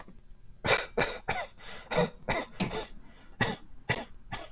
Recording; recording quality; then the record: shallow voluntary cough; excellent, no background noise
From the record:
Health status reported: healthy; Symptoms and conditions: none ticked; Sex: male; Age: 24 years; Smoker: not ticked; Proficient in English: yes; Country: United States